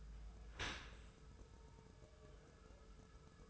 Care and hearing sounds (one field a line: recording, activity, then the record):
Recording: daily activity, microphone in the room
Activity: open dishwasher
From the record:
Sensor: 2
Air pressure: 1014.8 hPa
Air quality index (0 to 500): 25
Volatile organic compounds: 0 ppm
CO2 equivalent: 502 ppm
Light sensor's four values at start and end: 10/23/9/10 and 10/23/9/10